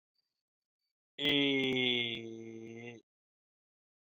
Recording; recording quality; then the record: sustained vowel as in made; excellent, no background noise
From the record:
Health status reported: recovered from COVID-19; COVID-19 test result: positive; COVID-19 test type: RT-PCR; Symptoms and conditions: cough, cold, sore throat, fever, fatigue, hypertension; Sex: male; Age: 58 years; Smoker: no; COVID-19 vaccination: both doses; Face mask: not worn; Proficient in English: yes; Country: India